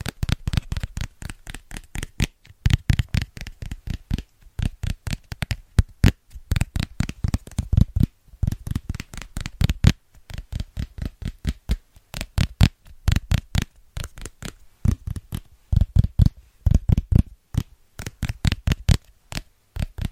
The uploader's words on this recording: ASMR Fast & Rhythmic Tapping with Christmas Presents （No Talking）.